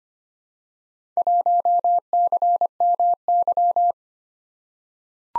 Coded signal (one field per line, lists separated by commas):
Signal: Morse code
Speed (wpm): 25 wpm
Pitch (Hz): 700 Hz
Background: none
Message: 1CMY